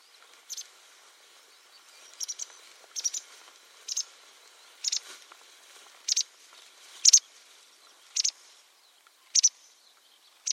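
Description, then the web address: White wagtail calls: short, sharp, high chipping notes, often in quick pairs, repeated at irregular intervals against a quiet background. "Deverinetal 2025 File origin Bird Only"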